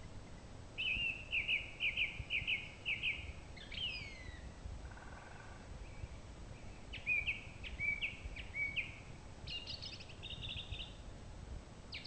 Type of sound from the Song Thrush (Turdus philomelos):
song